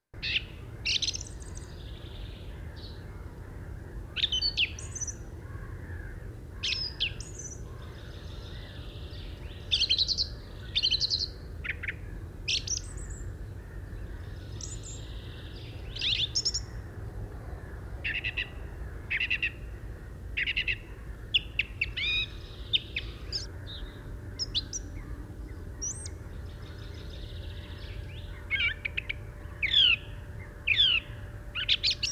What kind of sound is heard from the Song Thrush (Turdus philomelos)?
song